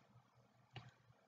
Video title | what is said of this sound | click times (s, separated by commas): Custom Lego Gun MOC: Glock 26 (LiveStream Build Pt.1) | it just kind of locks into place so | 0.8 s